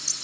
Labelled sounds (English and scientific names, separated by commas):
Canada Warbler (Cardellina canadensis) flight call